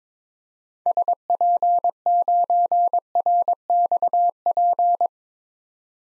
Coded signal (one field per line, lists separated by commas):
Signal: Morse code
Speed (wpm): 22 wpm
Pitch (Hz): 700 Hz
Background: none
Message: SP9RXP